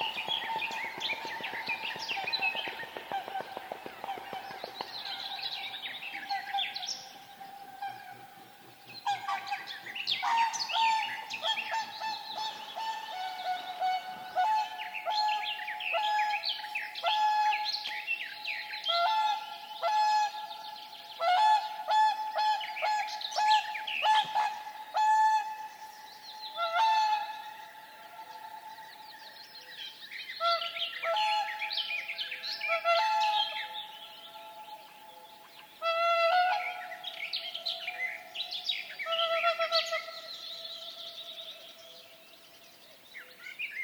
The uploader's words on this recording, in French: Ambiance de Finlance par Jean Louis SICAUD. Sur des sites naturels de la région d'illomantsi en Finlande à la découverte des ambiances et oiseaux présents en cette saison.